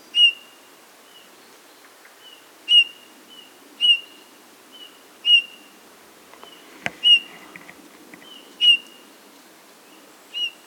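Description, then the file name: Eurasian bullfinch giving plaintive, flat whistles at irregular intervals, with softer notes in between and a single sharp click partway through. "Pyrrhula pyrrhula"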